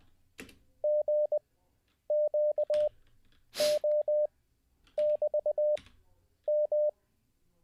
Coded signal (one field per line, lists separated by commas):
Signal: Morse code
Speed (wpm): 20 wpm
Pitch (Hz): 600 Hz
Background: none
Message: GQO<BT>M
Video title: How To Learn Morse Code LIVE with N0SSC (Day 17)